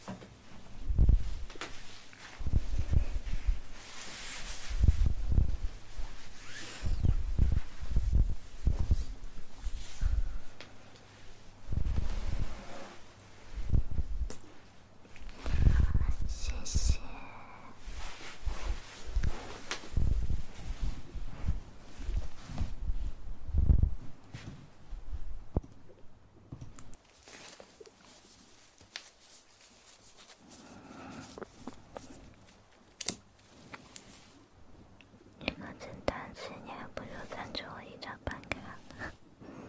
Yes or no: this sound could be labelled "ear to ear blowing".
yes